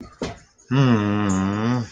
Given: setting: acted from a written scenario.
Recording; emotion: vocal sound without words; distress